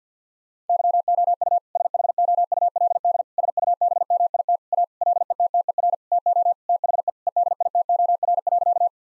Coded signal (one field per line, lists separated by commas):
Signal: Morse code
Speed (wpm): 50 wpm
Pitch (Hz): 700 Hz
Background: none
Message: YOU SHOULD SUBMIT A LETTER TO THE EDITOR.